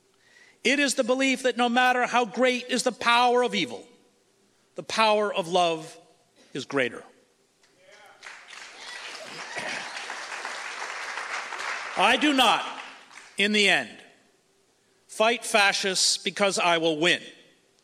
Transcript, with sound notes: It is the belief that no matter how great is the power of evil, the power of love is greater.
[audience cheers]
I do not in the end, fight fascists because I will win.